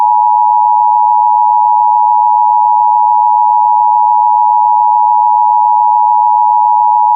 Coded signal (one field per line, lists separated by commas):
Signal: Emergency Alert System (SAME) tones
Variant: 853 and 960 Hz attention tone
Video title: Overnight Monthly Testing (EAS #629-647) 8/20-21/24